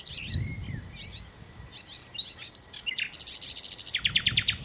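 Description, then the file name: Common nightingale song: a drawn whistle and scattered chirps, then a quick rhythmic series of high pulsed notes with a low rumble underneath. "Nachtigall"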